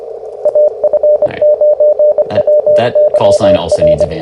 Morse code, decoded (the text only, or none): AF9WYR